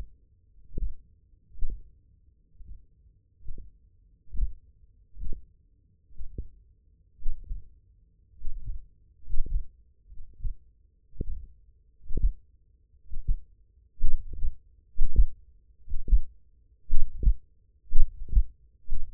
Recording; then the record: forearm muscle sounds (acoustic myography)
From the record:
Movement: tripod grip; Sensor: system 1, eight BSWA MPA416 microphones around the upper forearm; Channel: 5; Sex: male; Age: 23 years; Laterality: right